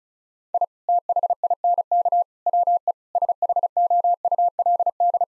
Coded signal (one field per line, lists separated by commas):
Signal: Morse code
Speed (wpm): 36 wpm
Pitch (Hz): 700 Hz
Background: none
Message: I THINK WE SHOULD